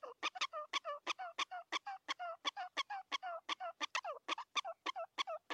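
Prairie dog barking calls, harsh yelps given rapidly, about three a second.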